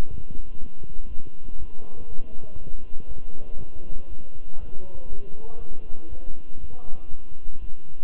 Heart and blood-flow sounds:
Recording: heart sounds by stethoscope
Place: between the tricuspid and mitral areas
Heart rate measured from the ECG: 120 bpm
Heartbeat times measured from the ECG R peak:
0.10 s: heartbeat
0.59 s: heartbeat
1.08 s: heartbeat
1.58 s: heartbeat
2.08 s: heartbeat
2.58 s: heartbeat
3.07 s: heartbeat
3.57 s: heartbeat
4.08 s: heartbeat
4.59 s: heartbeat
5.09 s: heartbeat
5.58 s: heartbeat
6.09 s: heartbeat
6.60 s: heartbeat
7.10 s: heartbeat
7.60 s: heartbeat
From the record:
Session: walking at 3.7 km/h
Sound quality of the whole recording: good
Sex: male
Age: 23 years

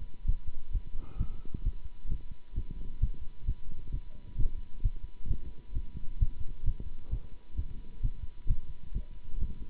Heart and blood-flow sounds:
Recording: heart sounds by stethoscope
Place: between the tricuspid and mitral areas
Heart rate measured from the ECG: 131 bpm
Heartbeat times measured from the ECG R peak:
0.26 s: heartbeat
0.72 s: heartbeat
1.18 s: heartbeat
1.64 s: heartbeat
2.09 s: heartbeat
2.55 s: heartbeat
3.00 s: heartbeat
3.46 s: heartbeat
3.91 s: heartbeat
4.37 s: heartbeat
4.82 s: heartbeat
5.28 s: heartbeat
5.74 s: heartbeat
6.19 s: heartbeat
6.65 s: heartbeat
7.10 s: heartbeat
7.56 s: heartbeat
8.02 s: heartbeat
8.48 s: heartbeat
8.93 s: heartbeat
9.39 s: heartbeat
From the record:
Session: Bruce protocol treadmill stress test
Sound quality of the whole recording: good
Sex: male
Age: 24 years

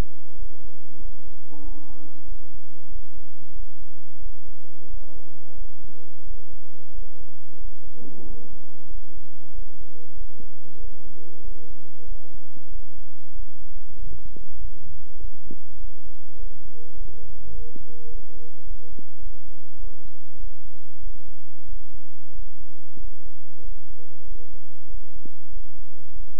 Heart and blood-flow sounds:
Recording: heart sounds by stethoscope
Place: between the tricuspid and mitral areas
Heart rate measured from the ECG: 95 bpm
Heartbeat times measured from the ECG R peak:
0.35 s: heartbeat
0.98 s: heartbeat
1.61 s: heartbeat
2.25 s: heartbeat
2.88 s: heartbeat
3.53 s: heartbeat
4.19 s: heartbeat
4.87 s: heartbeat
5.55 s: heartbeat
6.24 s: heartbeat
6.91 s: heartbeat
7.57 s: heartbeat
8.23 s: heartbeat
8.87 s: heartbeat
9.51 s: heartbeat
10.14 s: heartbeat
10.77 s: heartbeat
11.41 s: heartbeat
12.05 s: heartbeat
12.68 s: heartbeat
13.32 s: heartbeat
13.96 s: heartbeat
14.58 s: heartbeat
15.17 s: heartbeat
15.77 s: heartbeat
16.36 s: heartbeat
16.94 s: heartbeat
17.52 s: heartbeat
18.08 s: heartbeat
18.64 s: heartbeat
19.19 s: heartbeat
19.76 s: heartbeat
20.37 s: heartbeat
21.00 s: heartbeat
21.65 s: heartbeat
22.32 s: heartbeat
22.97 s: heartbeat
23.61 s: heartbeat
24.24 s: heartbeat
24.86 s: heartbeat
25.49 s: heartbeat
26.12 s: heartbeat
From the record:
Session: bicycle stress test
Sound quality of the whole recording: good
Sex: male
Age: 26 years

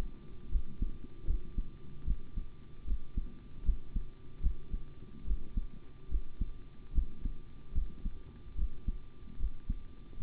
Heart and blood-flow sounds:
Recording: heart sounds by stethoscope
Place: between the tricuspid and mitral areas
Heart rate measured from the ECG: 74 bpm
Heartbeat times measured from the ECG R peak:
0.49 s: heartbeat
1.25 s: heartbeat
2.05 s: heartbeat
2.85 s: heartbeat
3.64 s: heartbeat
4.41 s: heartbeat
5.25 s: heartbeat
6.09 s: heartbeat
6.93 s: heartbeat
7.73 s: heartbeat
8.56 s: heartbeat
9.37 s: heartbeat
10.17 s: heartbeat
From the record:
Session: rest, sitting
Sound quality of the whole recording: good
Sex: male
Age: 25 years

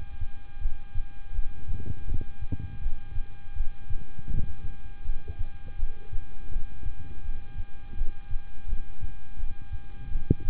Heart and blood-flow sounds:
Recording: heart sounds by stethoscope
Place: between the tricuspid and mitral areas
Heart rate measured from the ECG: 82 bpm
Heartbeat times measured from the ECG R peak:
0.59 s: heartbeat
1.32 s: heartbeat
2.05 s: heartbeat
2.79 s: heartbeat
3.54 s: heartbeat
4.28 s: heartbeat
5.03 s: heartbeat
5.76 s: heartbeat
6.49 s: heartbeat
7.22 s: heartbeat
7.95 s: heartbeat
8.66 s: heartbeat
9.37 s: heartbeat
10.09 s: heartbeat
From the record:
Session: rest, lying down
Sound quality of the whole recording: good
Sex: male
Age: 26 years

